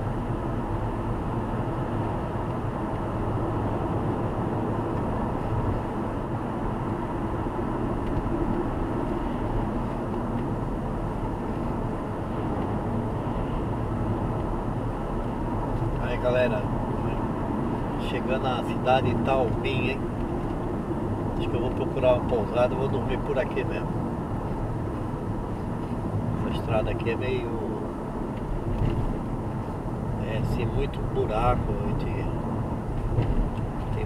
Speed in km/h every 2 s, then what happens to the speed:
98, 99, 99, 96, 90, 90, 91, 91, 88, 82, 76, 76, 76, 73, 72, 73, 75.
0-5 steady at about 99. 5-7 brakes to 90. 7-15 steady at about 90. 15-20 slows to 76. 20-34 steady at about 75.